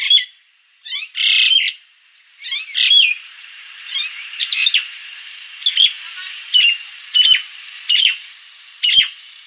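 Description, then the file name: Nias hill myna song: buzzy rasping bursts, then a regular series of sharp ringing squawks roughly every half second to second. Persistent, full-voiced singing described as 'gacor' and noisy. "Kicau Jalak Nias Gacor Suara Berisik"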